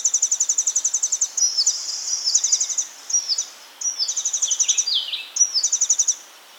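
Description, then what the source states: Fire-capped tit calling with rapid series of very high, thin repeated notes, several runs broken by short sliding and falling high-pitched notes. Subspecies olivaceus.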